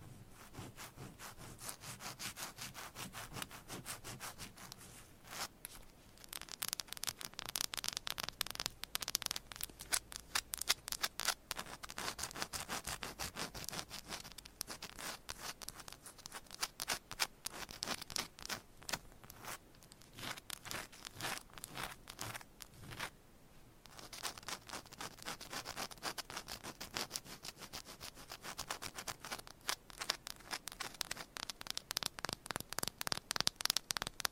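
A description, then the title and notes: Fingernails scratch and tap across a textured candle in a dense run of fine, crisp ticks and scrapes. The texture stays busy and bright throughout, with brief pauses near 6 and 23 seconds and no other sounds behind it. ASMR Candle Scratching and Tapping Textured Candles - No Talking for Sleep with Long Nails.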